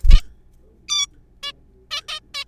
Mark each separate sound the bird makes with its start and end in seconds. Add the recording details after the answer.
0.10-0.21, 0.89-1.06, 1.43-1.52, 1.91-2.00, 2.08-2.19, 2.34-2.44. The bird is a juvenile. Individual R3428